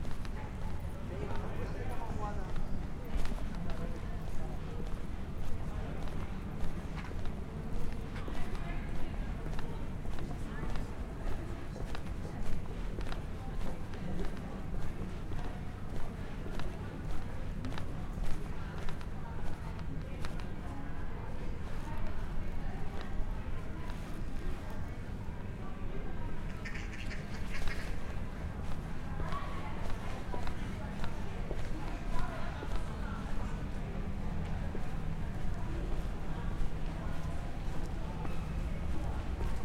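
Steady crowd chatter and footsteps through a bustling walk in the historic city of Bath, with frequent clicks and a brief brighter tone near 27 seconds.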